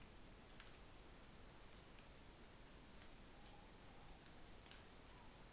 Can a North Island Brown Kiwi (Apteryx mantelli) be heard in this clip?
no